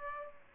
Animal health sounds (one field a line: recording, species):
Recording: mosquito wingbeat signal from an infrared sensor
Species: Aedes aegypti